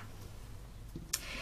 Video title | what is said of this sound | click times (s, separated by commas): Vlog DP : Diamond Painting 2ème partie : Accessoires, Organisation, Avis Manhui Rachel... | qui se clipse donc là où je mets ma col classique et | 1.1 s